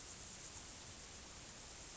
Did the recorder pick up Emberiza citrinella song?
no